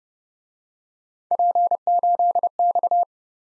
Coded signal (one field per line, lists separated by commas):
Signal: Morse code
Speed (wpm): 29 wpm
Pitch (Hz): 700 Hz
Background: none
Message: P8X